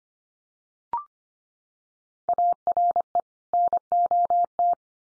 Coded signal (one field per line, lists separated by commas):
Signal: Morse code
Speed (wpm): 25 wpm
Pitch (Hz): 700 Hz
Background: none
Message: ARE NOT